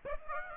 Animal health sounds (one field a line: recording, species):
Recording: mosquito wingbeat signal from an infrared sensor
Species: Aedes aegypti